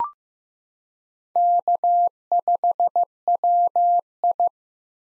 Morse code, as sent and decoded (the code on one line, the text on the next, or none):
-.- ..... .-- ..
K5WI